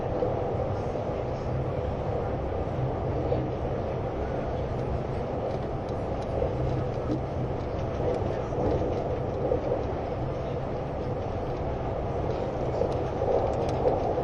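Running sound aboard a Swiss RABDe 500 ICN tilting train on the Gotthard line: a steady, dense low rumble and roar that stays level throughout. Faint clicks and rattles from the wheels and car body come through irregularly, with a slight tonal hum.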